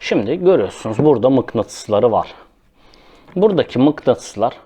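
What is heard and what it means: A DiBEA G22 (Yasomi G22) stick vacuum is handled and brought toward its magnetic mount while someone talks, with a short pause near 2.9 s. The clip ends before the magnets line up, so nothing has seated or clicked into the mount yet.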